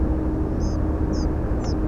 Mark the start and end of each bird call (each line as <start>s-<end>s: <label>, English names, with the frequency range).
0.60s-0.76s: European Pied Flycatcher (4.2-7.0 kHz)
1.12s-1.25s: European Pied Flycatcher (4.0-7.6 kHz)
1.59s-1.68s: Spotted Flycatcher (5.9-7.9 kHz)
1.64s-1.73s: European Pied Flycatcher (3.5-7.0 kHz)